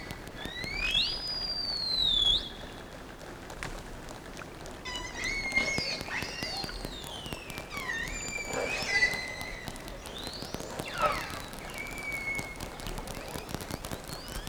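Whale calls: high, sweeping whistled tones rising and falling, some long drawn-out glides, over crackling, clicking underwater noise.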